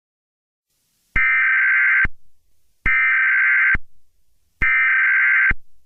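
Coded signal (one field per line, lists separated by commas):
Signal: Emergency Alert System (SAME) tones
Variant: header bursts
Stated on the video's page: Fictional, made-up emergency alert system recreation.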